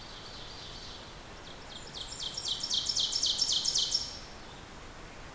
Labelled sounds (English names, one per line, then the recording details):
Ovenbird song
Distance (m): 30 m
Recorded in boreal forest in Alberta, Canada, on 14 June 2016 at 06:02
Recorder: SongMeter 3, array SBT-3-33
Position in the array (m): 110 m, 18 m
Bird 21